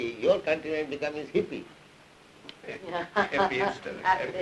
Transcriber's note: laughing